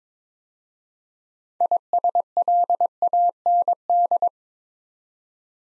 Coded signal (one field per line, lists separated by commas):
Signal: Morse code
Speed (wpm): 22 wpm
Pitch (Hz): 700 Hz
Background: none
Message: ISLAND